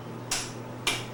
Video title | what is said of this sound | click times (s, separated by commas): 1970 Mustang 250 Engine Rebuild | There. Nice little click. | 0.3 s